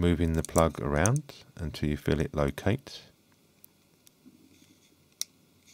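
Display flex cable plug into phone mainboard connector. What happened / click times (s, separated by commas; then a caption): The small flex connector snapped into its socket / 5.2 s. A phone's display flex cable plug is worked around over its socket on the mainboard while someone talks, followed by a few faint ticks once the talking stops. A single loud, sharp click at 5.2 s marks the plug snapping into place and seating.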